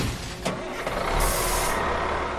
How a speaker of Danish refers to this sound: Hey, vent, om McQueen kører væk med lastbilen.